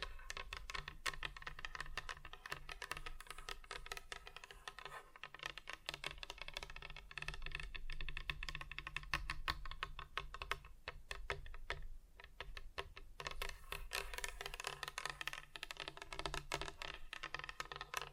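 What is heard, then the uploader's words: Just tapping on different surfaces, with no talking: quick, dense clicks patter along almost without a break, sounding much like keyboard typing. The taps come in uneven bursts, with a brief lull around twelve seconds, over a low steady hum. ASMR Just Tapping (Different Surfaces No Talking).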